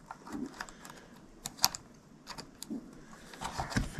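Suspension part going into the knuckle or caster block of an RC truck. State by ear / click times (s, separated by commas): not seated / none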